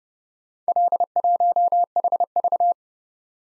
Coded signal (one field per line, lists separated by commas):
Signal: Morse code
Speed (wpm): 30 wpm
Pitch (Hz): 700 Hz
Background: none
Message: L1HV